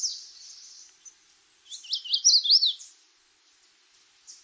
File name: Magnolia